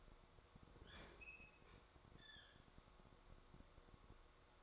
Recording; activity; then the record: daily activity, microphone in the room; open fridge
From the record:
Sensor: 3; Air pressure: 1004.6 hPa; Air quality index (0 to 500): 192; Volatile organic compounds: 13 ppm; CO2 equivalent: 2406 ppm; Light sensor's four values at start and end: 5/13/5/5 and 5/13/5/5